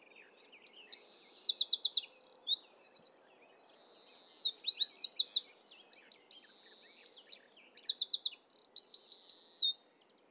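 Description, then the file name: Eurasian wren delivering three fast, shrill song phrases in a row, each a tumbling stream of piercing notes with rapid rattling trills, short gaps between them. "Troglodytes troglodytes"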